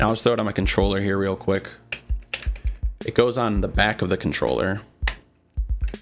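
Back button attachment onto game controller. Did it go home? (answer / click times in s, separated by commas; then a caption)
yes / 5.1 s. Someone talks while a plastic back-paddle button attachment for a DualShock 4 controller is pressed onto the back of the game controller, with a few soft handling taps along the way. It snaps into place with a sharp click at 5.1 s, and the attachment is seated.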